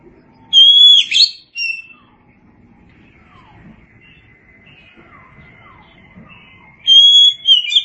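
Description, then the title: Oriental magpie-robin whistling a phrase, then faint thin notes during a long gap before a second loud whistled phrase. Chirping song. "Suara Kicauan Burung Kacer"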